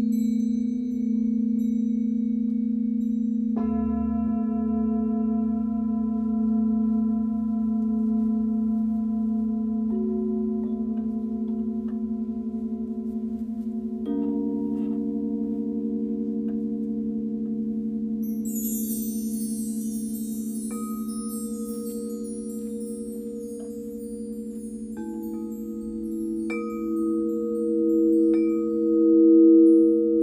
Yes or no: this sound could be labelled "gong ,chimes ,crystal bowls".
yes